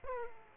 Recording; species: mosquito wingbeat signal from an infrared sensor; Aedes aegypti